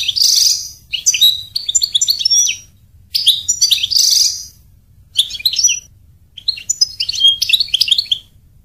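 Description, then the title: European goldfinch song in lively phrases of twittering, tinkling notes and brief buzzy elements, delivered in four to five bursts with short silent gaps, faint low background hum. "Chant Chardonneret"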